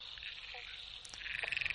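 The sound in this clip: Frogs calling in a dense high chorus, with a rapid pulsed trill building toward the end.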